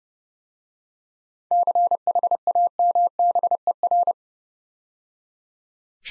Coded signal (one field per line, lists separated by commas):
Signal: Morse code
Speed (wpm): 28 wpm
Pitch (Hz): 700 Hz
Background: none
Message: CHAMBER